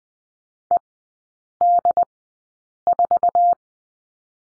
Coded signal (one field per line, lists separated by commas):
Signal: Morse code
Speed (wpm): 20 wpm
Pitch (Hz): 700 Hz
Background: none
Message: ED4